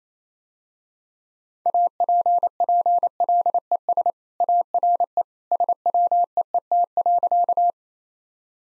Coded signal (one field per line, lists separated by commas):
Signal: Morse code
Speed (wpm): 28 wpm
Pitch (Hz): 700 Hz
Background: none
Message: APPLES ARE SWEET.